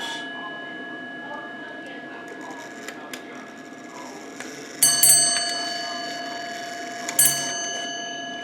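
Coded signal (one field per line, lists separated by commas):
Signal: ship's bell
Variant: ship's bell clock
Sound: clock ticking, then two clear ringing bell strikes about two seconds apart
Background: clock ticking, room hum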